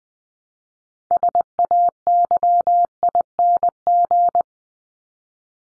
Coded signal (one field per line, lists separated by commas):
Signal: Morse code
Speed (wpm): 20 wpm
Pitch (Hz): 700 Hz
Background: none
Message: SAYING